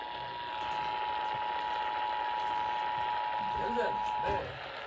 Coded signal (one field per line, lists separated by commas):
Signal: Emergency Alert System (SAME) tones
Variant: 853 and 960 Hz attention tone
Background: speech